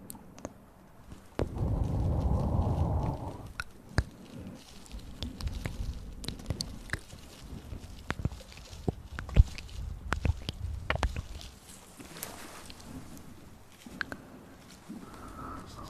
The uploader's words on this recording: Mouth Sounds & Breathing.